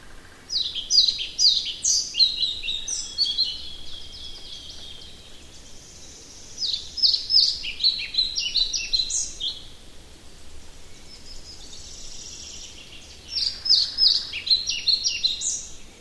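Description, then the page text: European pied flycatcher song, short bright phrases of high sweet notes in three bursts, with pauses of a few seconds between them. "Must-kärbsenäpp"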